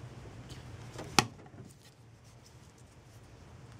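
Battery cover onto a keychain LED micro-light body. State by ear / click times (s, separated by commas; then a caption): seated / 1.2 s. The battery cover of a small Photon Freedom Covert keychain LED micro-light, fitted with a green filter and a secondary puck blackened with a Sharpie pen, is pressed back onto the light's body over a quiet, low background. A single sharp, bright snap rings out at 1.2 s and fades quickly into near-silence. The cover snaps into place and is seated.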